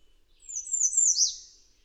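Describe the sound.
Bird singing one high-pitched phrase of rapid, slurred whistled notes that descend toward the end, clear against a quiet background.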